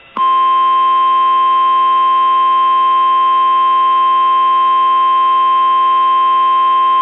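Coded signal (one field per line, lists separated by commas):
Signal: Emergency Alert System (SAME) tones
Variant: 1050 Hz attention tone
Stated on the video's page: Fictional tornado warning EAS scenario, tones generated with a modified EAS tone website and edited in Audacity, with a text-to-speech voice.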